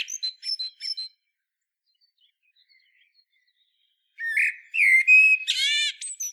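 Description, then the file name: Common blackbird: the end of a high twittering phrase, a quiet pause, then a fresh fluty phrase rising into a buzzy, squeaky flourish. "Turdus merula"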